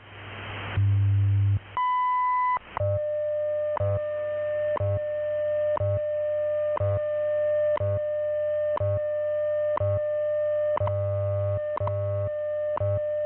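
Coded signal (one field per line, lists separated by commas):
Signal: radio time signal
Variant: WWV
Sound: low hum, long high beep, then a steady tone with clicks every second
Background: radio static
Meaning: The long 1 kHz tone marks the start of a new minute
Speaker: At the tone, 16 hours, 1 minute, Coordinated Universal Time.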